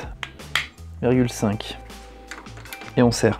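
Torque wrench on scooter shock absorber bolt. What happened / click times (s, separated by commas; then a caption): The torque wrench clicked at its set torque / 0.2 s, 0.6 s. A torque wrench set to 17.5 Nm tightens the shock absorber bolt on a scooter. Two sharp, short clicks at 0.2 s and 0.6 s mark the wrench breaking at its setting. Someone talks and music plays.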